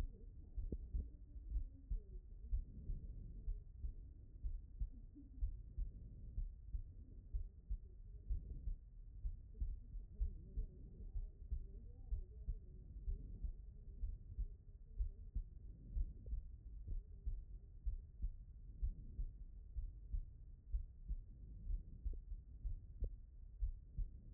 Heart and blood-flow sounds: heart sounds by stethoscope; pulmonary valve (PV)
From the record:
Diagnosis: non-HFrEF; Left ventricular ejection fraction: 62%

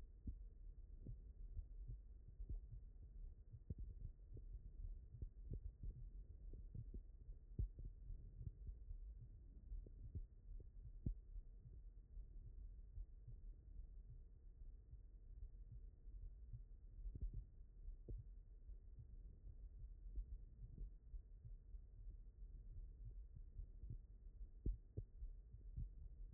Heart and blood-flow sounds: heart sounds by stethoscope; aortic valve (AV)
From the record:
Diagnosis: non-HFrEF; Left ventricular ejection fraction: 69%

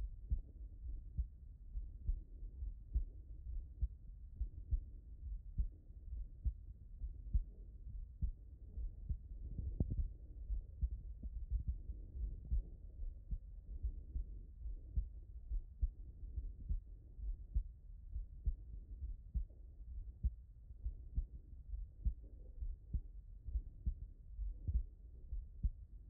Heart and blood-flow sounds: heart sounds by stethoscope; tricuspid valve (TV)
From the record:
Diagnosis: non-HFrEF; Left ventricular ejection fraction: 60%

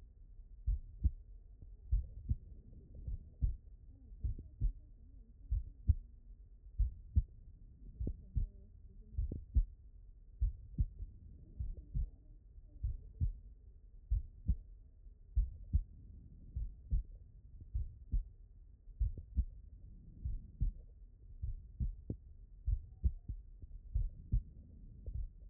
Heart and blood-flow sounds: heart sounds by stethoscope; pulmonary valve (PV)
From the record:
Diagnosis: non-HFrEF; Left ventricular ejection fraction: 65%

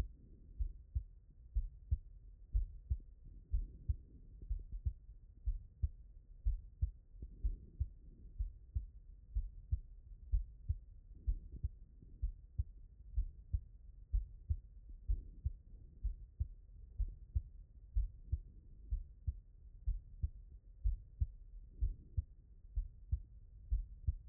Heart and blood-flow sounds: heart sounds by stethoscope; pulmonary valve (PV)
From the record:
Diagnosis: non-HFrEF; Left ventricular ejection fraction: 66%

